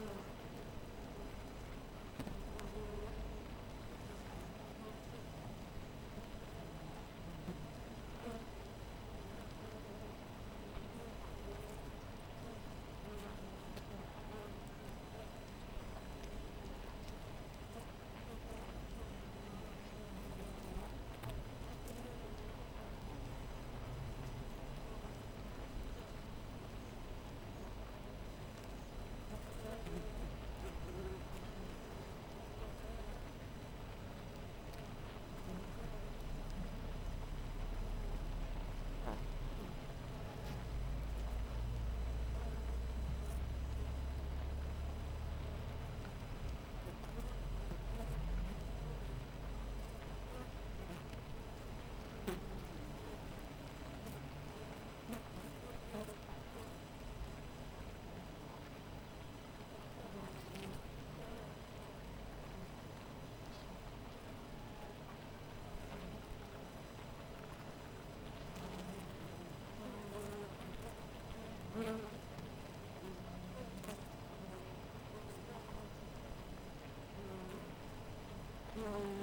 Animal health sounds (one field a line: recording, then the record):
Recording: honeybee colony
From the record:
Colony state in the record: missing queen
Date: 14 July 2017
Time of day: 4:33